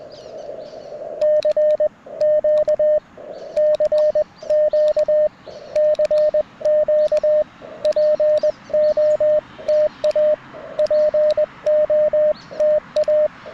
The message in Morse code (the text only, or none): CQ CQ CQ POTA POTA